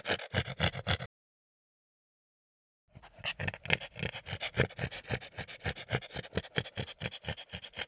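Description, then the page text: French Bulldog gasping: rapid, raspy breaths, a short silent break, then the harsh rhythmic breathing resumes. "French Bulldog Gasp. Quick Sounds"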